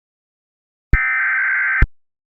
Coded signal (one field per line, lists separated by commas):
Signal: Emergency Alert System (SAME) tones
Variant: header bursts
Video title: Unknown Enemy (An EAS Scenario)